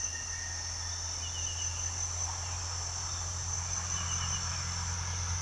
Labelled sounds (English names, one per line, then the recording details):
none
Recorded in pastures near Puerto Asís, Putumayo, Colombia, on 4 March 2025 at 06:00
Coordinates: 0.497, -76.327
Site G072